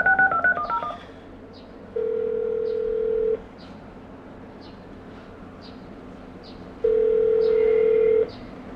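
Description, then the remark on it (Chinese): A quick burst of phone keypad tones dials a number for an IP phone call from a computer to two daughters abroad, followed by two long, steady ringback tones separated by a pause, with faint ticking in the background and no voices. “从写信、打长途电话到发电子邮件，现在是坐在电脑前通过 IP 电话直接交流。”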